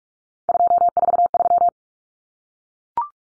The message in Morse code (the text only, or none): 243